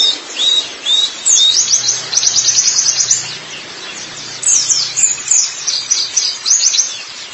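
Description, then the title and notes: White-eye song: bursts of rapid, high twittering notes in quick runs, pausing briefly, then resuming with sharp chirps, over a faint low hum. "Kicauan Burung Pleci Durasi Panjang. Suara kicauan burung pleci"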